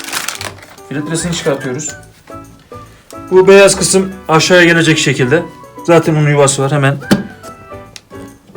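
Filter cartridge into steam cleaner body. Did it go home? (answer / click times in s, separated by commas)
yes / 8.0 s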